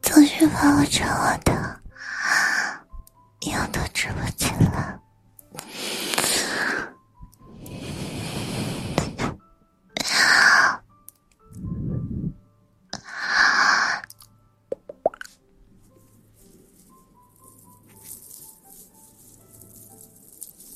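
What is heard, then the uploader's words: Ear cleaning and ear massage, heard as a series of soft rubbing and scraping bursts, each lasting about a second, arriving every one to two seconds for the first fifteen seconds. A few wet plops mix in. The last stretch is nearly silent, with only faint light touches. ASMR Ear cleaning & Ear massage.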